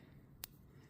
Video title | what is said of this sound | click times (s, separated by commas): Fiat panda cruise control install | Hear the click. That's it. | 0.4 s